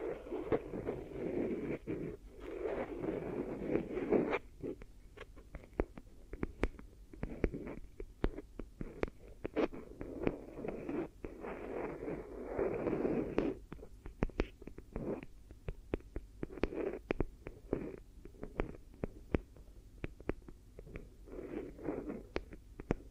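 Triggers moved around the head and ears: dense crinkly rustling in swelling bursts, sprinkled with sharp taps and clicks throughout, with brief quieter gaps.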